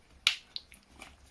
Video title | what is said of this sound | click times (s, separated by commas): EINHELL TE-SV 18 Li-Solo Cordless Stick Vac (Vacuum) Cleaner - unboxing, review and test | and such a non-satisfying click but it is locked in place | 0.3 s